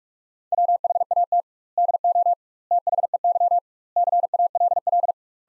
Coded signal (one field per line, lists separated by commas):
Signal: Morse code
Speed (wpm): 46 wpm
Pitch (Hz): 700 Hz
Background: none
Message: WHAT DO THEY CALL